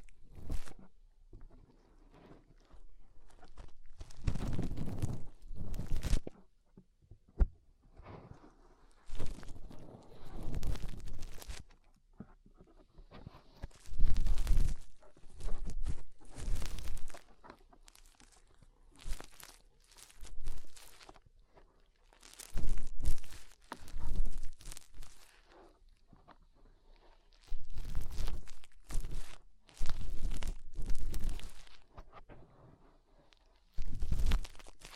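Fingers rub and scratch inside the ear in bursts of rough, crunchy rustling, each lasting a second or two and separated by short quiet gaps. The scraping is loud and full, running from deep thumps to bright crackle, with occasional sharp clicks.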